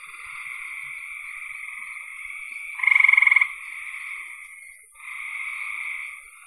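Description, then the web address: Frog calls: a steady high trilling chorus with one louder rapid pulsed burst near the middle, about half a second long. "cn frogs"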